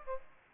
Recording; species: mosquito wingbeat signal from an infrared sensor; Aedes aegypti